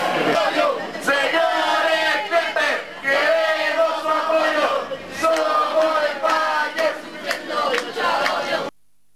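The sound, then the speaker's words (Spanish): A crowd of protesting supermarket packers chants a slogan together in loud, rhythmic unison ("Señores clientes, queremos su apoyo, somos empaque sufriendo mucho agobio") at the entrance of the Jumbo in Mall del Centro on Avenida O'Higgins. Voices rise and fall in repeated phrases for several seconds before cutting off abruptly. “Era el grito que sonaba de fondo en esta ruidosa manifestación que estaba ahí en la entrada del Jumbo del Mall del Centro, ahí en plena Avenida O'Higgins con Orompeyo.”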